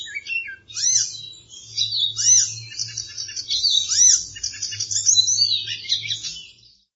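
Bird calls: a continuous high twittering stream with a few rising-then-falling slurred notes and a steady low hum in the background.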